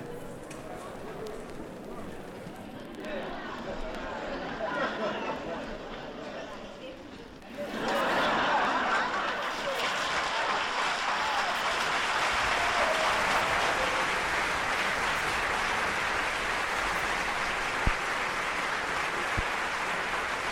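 A theatre audience murmurs and chuckles for the first seven seconds, then breaks into a sudden, loud wave of laughter mixed with clapping. The dense roar holds steady to the end, with a couple of sharp knocks near the eighteenth second.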